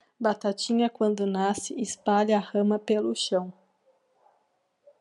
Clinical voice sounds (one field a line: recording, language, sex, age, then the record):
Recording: short text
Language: Brazilian Portuguese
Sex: female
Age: 20 to 29 years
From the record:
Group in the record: control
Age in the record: 28 years